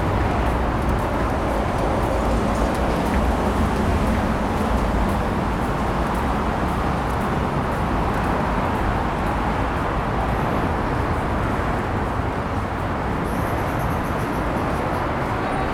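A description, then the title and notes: A field recording at Odaiba Kaihin Park, Tokyo, filled with a steady, dense wash of traffic noise. The low rumble stays constant for the whole sixteen seconds, with no clear breaks. Near the end a thin, high whine rises faintly above it. Field-recorded at Odaiba Kaihin Park, Tokyo.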